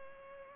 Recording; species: mosquito wingbeat signal from an infrared sensor; Culex pipiens